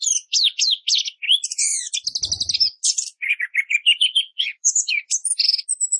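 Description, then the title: Orange-headed thrush song, a rapid stream of high whistled and trilled phrases, with a brief low rumble near the middle. Actively singing bird with 'Roll Speed' song material, used for training cage birds. "Anis Kembang Gacor. Masteran Anis Kembang materi Roll Speed"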